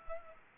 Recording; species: mosquito wingbeat signal from an infrared sensor; Culex pipiens